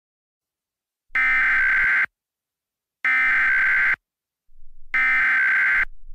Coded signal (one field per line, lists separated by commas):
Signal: Emergency Alert System (SAME) tones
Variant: header bursts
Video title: EAS Scenario #2 Contaminated Soda to a Nuclear Disaster